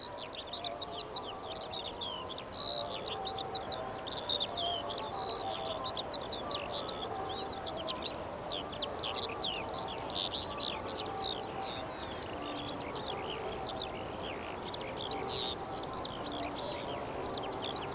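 A skylark pours out a dense, unbroken warble of bright, rapid trills for the full length, over a steady low murmur of chatter and wind.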